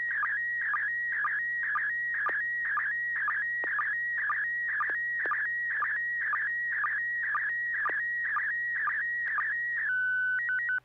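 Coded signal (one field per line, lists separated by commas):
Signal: SSTV (slow-scan television)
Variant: PD120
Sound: warbling tone around 2 kHz with regular short low chirps, ending in a steady tone and alternating beeps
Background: low electrical hum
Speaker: good this is n6pgq and this is pd120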